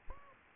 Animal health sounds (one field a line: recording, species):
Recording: mosquito wingbeat signal from an infrared sensor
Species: Anopheles gambiae